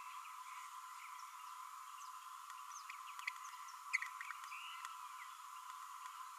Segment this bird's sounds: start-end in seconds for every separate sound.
3.93-3.98